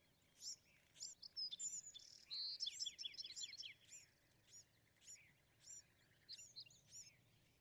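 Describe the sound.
Bewick's wren song, faint against background hiss: a jumble of quick high notes and a short trill early, then regular, evenly spaced slurred chirps.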